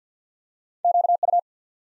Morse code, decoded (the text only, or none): QU